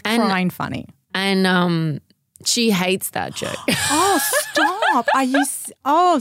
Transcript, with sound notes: Crying funny.
She hates that joke. [Gasps]
Oh! Stop. Are you serious?